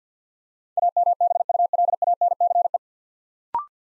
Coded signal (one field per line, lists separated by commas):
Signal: Morse code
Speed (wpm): 50 wpm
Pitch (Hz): 700 Hz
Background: none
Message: AMBULANCE